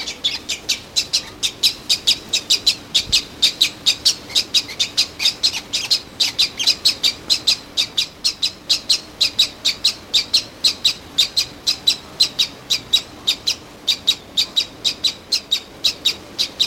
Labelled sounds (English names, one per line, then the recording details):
Great Egret call
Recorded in captivity
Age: adult
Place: Tierpark Berlin, Berlin, DE
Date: 1991-10-31 10:30
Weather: sonnig, 0°C
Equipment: Nagra SN, Kopie Tesla B 116
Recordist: Tembrock, Günter